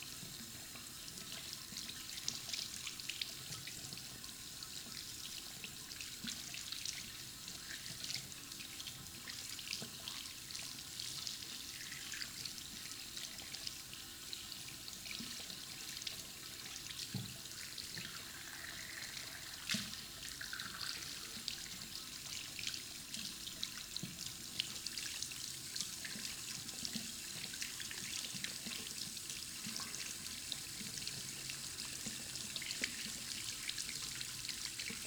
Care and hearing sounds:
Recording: daily activity, guitar pickup as the sensor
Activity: wash hands

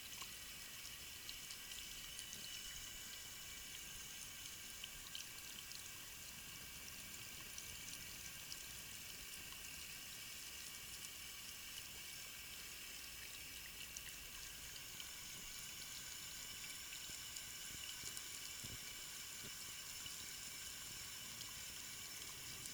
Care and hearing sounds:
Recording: daily activity, guitar pickup as the sensor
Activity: wash hands

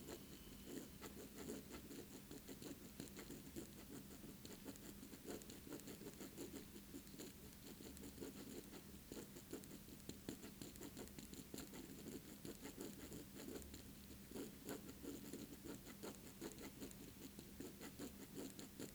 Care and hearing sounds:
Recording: daily activity, guitar pickup as the sensor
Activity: write

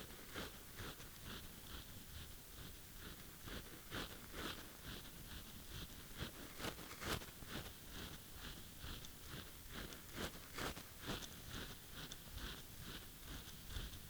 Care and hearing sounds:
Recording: daily activity, guitar pickup as the sensor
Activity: brush teeth

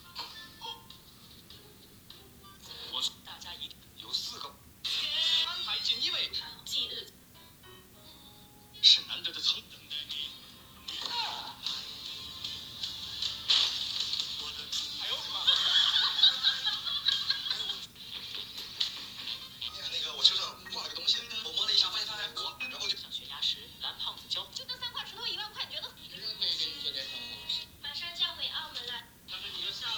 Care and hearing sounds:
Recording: daily activity, guitar pickup as the sensor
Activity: browse video

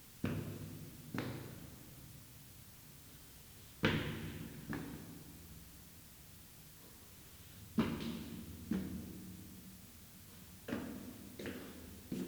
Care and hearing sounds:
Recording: daily activity, guitar pickup as the sensor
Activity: go upstairs

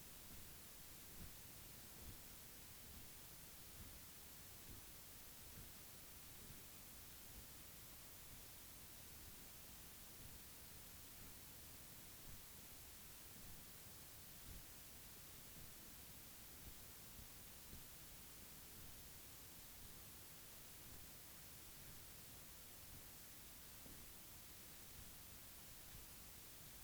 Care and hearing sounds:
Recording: daily activity, guitar pickup as the sensor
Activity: jump

